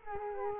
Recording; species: mosquito wingbeat signal from an infrared sensor; Culex quinquefasciatus